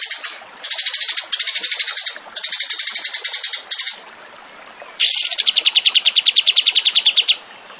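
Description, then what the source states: Tembakan bird song: several harsh, buzzy high trill bursts with short gaps, then a clear rising note leading into a fast regular pulsed trill. Masteran (training recording for songbirds) of a tembakan bird in active, full song (gacor).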